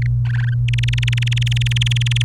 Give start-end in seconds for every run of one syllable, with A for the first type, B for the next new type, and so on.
0.02-0.06 A, 0.25-0.54 B, 0.68-2.23 C